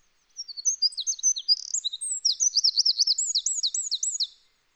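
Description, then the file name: Eurasian wren singing a vigorous high-pitched phrase of about four seconds: tumbling thin notes followed by a rapid string of repeated rising-falling trill elements. "Troglodytes troglodytes"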